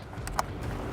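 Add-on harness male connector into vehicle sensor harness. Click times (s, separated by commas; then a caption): 0.4 s. The male end of add-on harness A, supplied with a TuneX performance module kit for an Ecoboost truck, is plugged into the truck's plastic sensor harness connector. Over a steady broadband background hiss, a faint tick at 0.3 s is followed by a short, sharp click at 0.4 s as the connector seats. The locking tab is then snapped back in.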